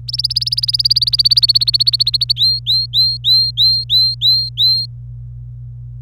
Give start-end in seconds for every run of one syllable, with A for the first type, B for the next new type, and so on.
0.08-2.33 A, 2.36-4.86 B